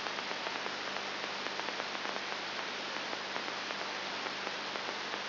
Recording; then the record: brain microelectrode recording played as sound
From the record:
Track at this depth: inside the subthalamic nucleus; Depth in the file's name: 3.501 mm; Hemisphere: left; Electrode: 3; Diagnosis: Parkinson's disease